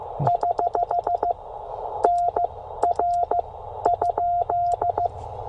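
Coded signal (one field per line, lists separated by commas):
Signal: Morse code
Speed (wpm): 15 wpm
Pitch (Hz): 690 Hz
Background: none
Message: <HH> NR?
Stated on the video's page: POTA activation at 5 watts QRP on a Penntek TR45L with a Bamatech TP III key, rough band conditions.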